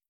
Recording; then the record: hydrophone in a shrimp aquaculture tank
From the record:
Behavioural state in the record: starved